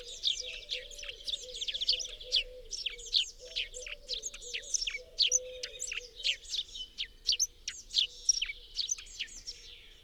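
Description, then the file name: Eurasian blue tit calls: dense, overlapping high twittering chirps, continuous throughout, over a quiet low humming tone. "Cyanistes caeruleus"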